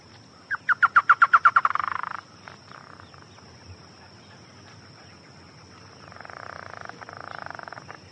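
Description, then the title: Chotoy spinetail song, a quick series of notes running into a buzzy trill, followed by quiet and later a softer buzzy chattering that lasts a couple of seconds. "LuckyPassaro Completos2Sama. Chotoy Spinetail (Schoeniophylax phryganophilus)"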